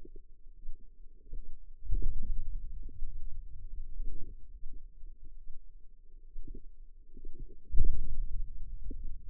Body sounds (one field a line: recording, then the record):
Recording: forearm muscle sounds (acoustic myography)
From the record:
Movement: finger pinch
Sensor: system 2, bracelet of six BSWA MPA416 microphones around the upper forearm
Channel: 6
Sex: female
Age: 25 years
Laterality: right